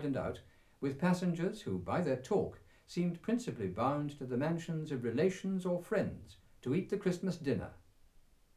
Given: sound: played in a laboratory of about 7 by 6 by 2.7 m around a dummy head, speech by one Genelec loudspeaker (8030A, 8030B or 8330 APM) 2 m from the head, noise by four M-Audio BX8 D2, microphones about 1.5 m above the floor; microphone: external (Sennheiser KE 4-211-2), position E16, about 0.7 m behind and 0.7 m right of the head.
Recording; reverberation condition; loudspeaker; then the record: male speech in English; low; 150 degrees to the left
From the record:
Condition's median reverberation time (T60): about 310 ms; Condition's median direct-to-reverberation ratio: about 3.5 dB